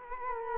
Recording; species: mosquito wingbeat signal from an infrared sensor; Culex quinquefasciatus